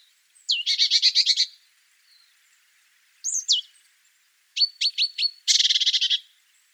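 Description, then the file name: Great tit calls: a thin high note sliding sharply down, then rapid buzzy churring rattles, with a few short sharp ticks between bursts. "Parus major"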